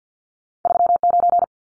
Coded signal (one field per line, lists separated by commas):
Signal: Morse code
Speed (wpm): 50 wpm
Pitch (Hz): 700 Hz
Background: none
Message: 39